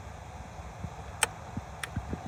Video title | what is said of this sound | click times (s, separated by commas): How To Change A Purge Control Valve (CHEVY EXPRESS) | click and then this slides onto the bracket here i'm | 1.2 s